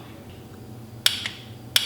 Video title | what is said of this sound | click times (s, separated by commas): How to Replace Spark Plugs | you hear that that little click that's where you stop | 1.1 s, 1.8 s